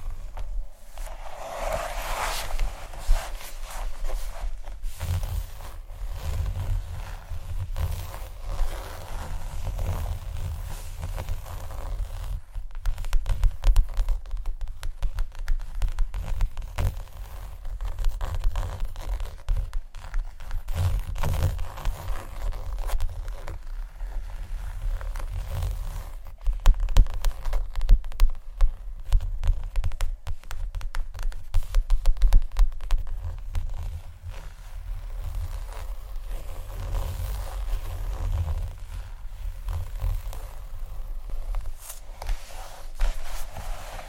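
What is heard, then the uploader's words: Scratchy tapping and scratching go on throughout, a dense run of dry scrapes and quick irregular taps. The sound sits mostly low and rough with a gritty top, swelling louder in bursts around 13, 21 and 27 seconds before settling again. ASMR For Sleep (tapping, Scratching, Scratchy Tapping) No Talking.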